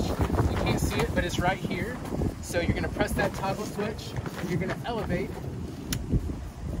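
Someone talks outdoors over steady wind noise while handling the telescoping vertical pole of an Odyssey rooftop tent on a SO Trailer, about to press its toggle switch and raise the bar to its locked full height. A few brief knocks are heard near 0.2 s and 0.4 s, with a sharper tap at 5.9 s. Nothing has seated or clicked yet.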